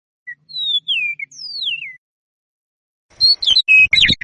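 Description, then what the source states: Eastern Meadowlark singing a few clear, slurred whistles that slide downward, followed by a burst of busy chattering notes. Played as the bird of the month for July; the song is described as including a metallic, robot-like trill.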